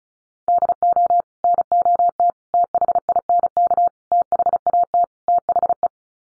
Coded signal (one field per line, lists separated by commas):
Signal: Morse code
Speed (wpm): 34 wpm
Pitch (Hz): 700 Hz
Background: none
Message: DO NOT THINK THAT THE